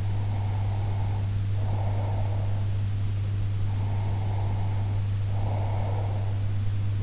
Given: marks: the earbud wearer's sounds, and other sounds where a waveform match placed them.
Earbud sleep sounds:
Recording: sounds in sleep by an in-ear microphone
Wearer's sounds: breath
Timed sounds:
0.00-2.68 s: breath
3.74-6.48 s: breath

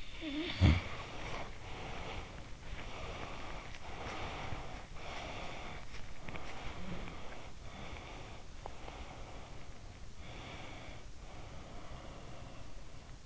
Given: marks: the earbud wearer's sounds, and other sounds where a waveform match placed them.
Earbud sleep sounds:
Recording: sounds in sleep by an in-ear microphone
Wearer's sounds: snoring breath, breath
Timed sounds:
0.00-2.69 s: snoring breath
2.69-13.26 s: breath

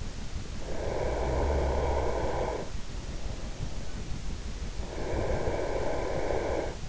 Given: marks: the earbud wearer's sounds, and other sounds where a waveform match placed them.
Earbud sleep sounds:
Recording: sounds in sleep by an in-ear microphone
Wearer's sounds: snoring breath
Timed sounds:
0.65-2.84 s: snoring breath
4.83-6.89 s: snoring breath

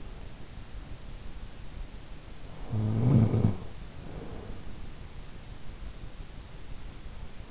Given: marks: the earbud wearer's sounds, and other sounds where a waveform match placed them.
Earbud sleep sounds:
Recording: sounds in sleep by an in-ear microphone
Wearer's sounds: snoring breath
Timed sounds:
2.29-4.65 s: snoring breath

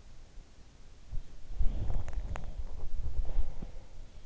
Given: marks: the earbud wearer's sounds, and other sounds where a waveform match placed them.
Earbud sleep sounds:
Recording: sounds in sleep by an in-ear microphone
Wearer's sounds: body movement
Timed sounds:
0.91-4.26 s: body movement
1.50-3.73 s: sound from someone else or the room

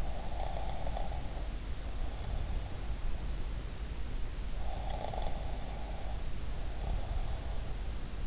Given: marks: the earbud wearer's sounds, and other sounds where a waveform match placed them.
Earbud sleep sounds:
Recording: sounds in sleep by an in-ear microphone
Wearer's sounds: snoring breath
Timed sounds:
0.00-2.83 s: snoring breath
4.77-7.82 s: snoring breath

